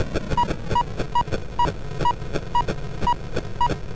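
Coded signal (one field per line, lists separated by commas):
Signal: none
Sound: computer game music sounds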